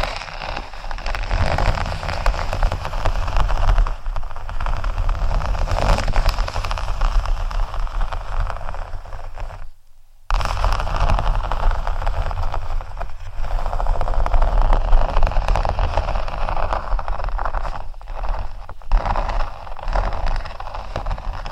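Dense, steady scratching on faux leather, a bright rasping texture like rain, with brief pauses near ten, thirteen and eighteen seconds.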